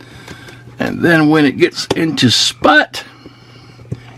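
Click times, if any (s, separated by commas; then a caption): 3.9 s. Someone talks while the plastic back hood panel of a Takara Tomy Transformers Dramatic Capture Series Autobot Headquarters Jazz robot toy is folded down and pushed forward into its slot at the back of the toy car body. A short, sharp click sounds at 3.9 s as the hood snaps into place, seated.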